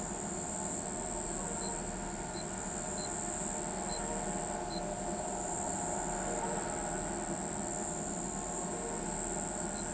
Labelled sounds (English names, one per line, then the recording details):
none
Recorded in pastures near Pivijay, Magdalena, Colombia, on 18 April 2023 at 02:30
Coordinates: 10.456, -74.369
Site P6-G026